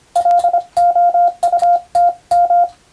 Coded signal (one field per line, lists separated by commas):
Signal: Morse code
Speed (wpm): 25 wpm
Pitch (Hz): 700 Hz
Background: radio noise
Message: LOUT M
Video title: 2022年令和4年最後の日にモールスを聞いて短波通信ＢＣＬが全盛だった時代を思い出そう！スマホ時代の今でも行われているモールス電気通信術の国家試験の練習風景です。morse code parctice